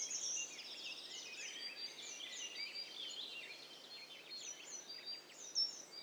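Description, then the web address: Several birds calling at once: tangled high-pitched trills, buzzy rattles and sharp chirps layered continuously, with one louder chip near the end. Mixture of several birds. "Hi Fi STEREO BIRD COCKTAIL PARTY Challenge"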